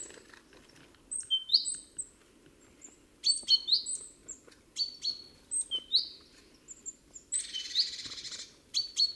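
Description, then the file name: Great tit calls: thin high notes and short sweeps repeated in loose series, with one brief rough hissing burst near the end. "Parus major"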